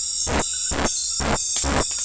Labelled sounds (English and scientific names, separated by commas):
none